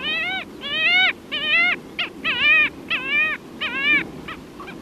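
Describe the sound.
Arctic skua calls: a quick series of nasal wailing notes, each bending up then down.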